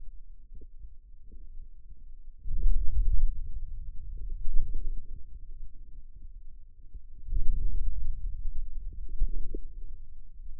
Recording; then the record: forearm muscle sounds (acoustic myography)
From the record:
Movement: hand closing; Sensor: system 2, bracelet of six BSWA MPA416 microphones around the upper forearm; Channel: 5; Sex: male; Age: 22 years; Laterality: right